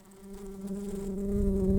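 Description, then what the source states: Brown-banded carder bee buzzing, a steady low hum with a strong overtone, growing louder toward the end. Worker bees.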